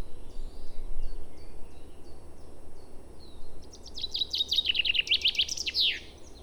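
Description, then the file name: Common chaffinch song: soft scattered high notes first, then a loud trill of repeated notes closing with a downward flourish. "Fringilla coelebs"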